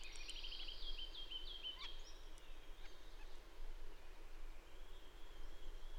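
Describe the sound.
Bird song: a faint whistled trill of quick notes at the start, then scattered high thin notes over steady low background noise.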